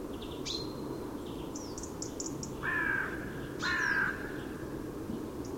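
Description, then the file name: Carrion crow giving two loud, hoarse caws about a second apart, with thin high chirps from small birds before them. "Corvus corone"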